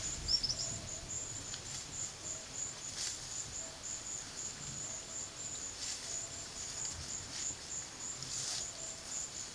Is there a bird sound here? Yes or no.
yes